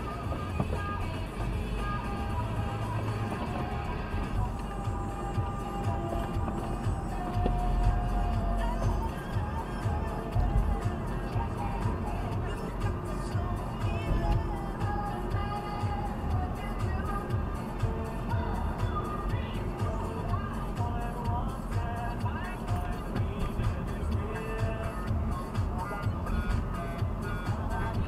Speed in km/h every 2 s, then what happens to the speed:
42, 49, 51, 53, 57, 55, 54, 54, 55, 55, 55, 54, 54, 54.
0-7 speeds up to 57. 7-28 steady at about 54.